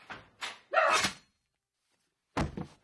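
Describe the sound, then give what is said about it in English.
A few heavy, irregular thuds against a door: two quick knocks, a longer rattling bang, then a pause of about a second before one more thump. No voices. “Is that you knocking at the door?”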